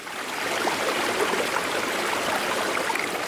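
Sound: flowing river water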